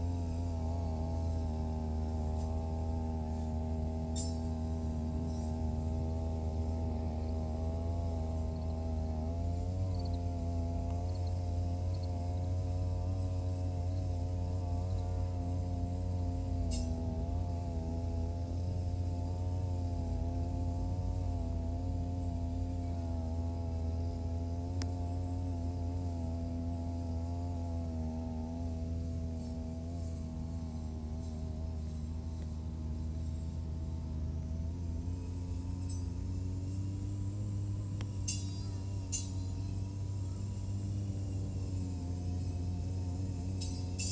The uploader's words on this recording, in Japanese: ひたすら草刈り機で草刈り。梅雨真っ只中。草刈り機でネギの列、そして畑まわりを刈っていきます。録音場所は固定なので、あっちへ行ったり、こっちへ行ったりがわかりますね。